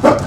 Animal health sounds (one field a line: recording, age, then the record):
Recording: pig call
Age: growing-finishing pig (85 days or more)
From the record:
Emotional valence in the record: positive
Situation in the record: run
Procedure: transit